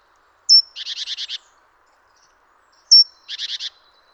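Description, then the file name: Great tit call repeated twice about 2.4 seconds apart, each a bright piercing note followed by a quick buzzy rattle of pulses. "Parus major"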